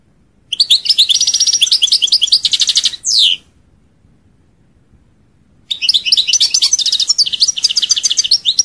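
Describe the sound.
European goldfinch song, rapid tinkling twittering phrases of liquid trills and buzzy notes, two bursts separated by a pause of about two seconds.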